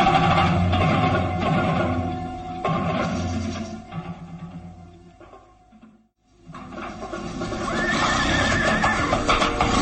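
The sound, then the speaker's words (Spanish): A horse whinnies loudly in long, wavering bursts over a busy clatter of hooves and movement as a rider mounts it, fading briefly to near silence midway before the neighing and stamping swell up again. “Monta al caballo sin quitar la mirada sobre su fiel criado, el gitano Sarco.”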